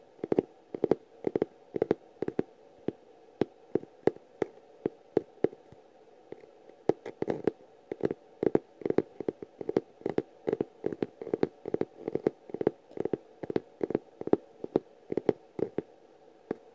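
Tapping sounds come in quick, sharp clicks, each with a hollow mid-range body, often grouped in short bursts of two to four taps. The rhythm is uneven, with a brief pause around five to seven seconds before the tapping grows denser toward the end.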